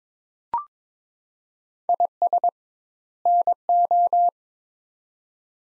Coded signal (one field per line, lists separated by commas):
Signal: Morse code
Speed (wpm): 22 wpm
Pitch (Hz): 700 Hz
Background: none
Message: IS NO